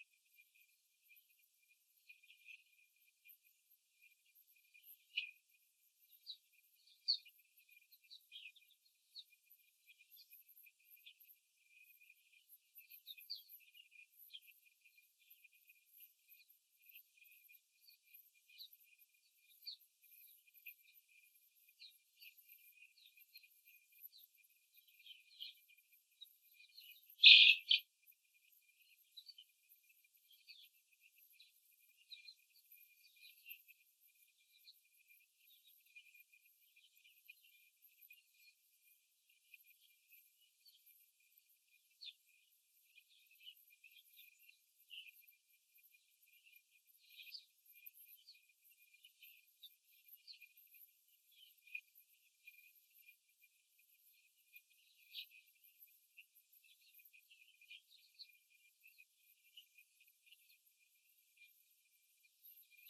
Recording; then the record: young laying hens in a cage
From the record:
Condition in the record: after the stressor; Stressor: simulated dog barking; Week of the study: 3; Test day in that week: 2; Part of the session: 1